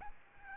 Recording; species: mosquito wingbeat signal from an infrared sensor; Aedes albopictus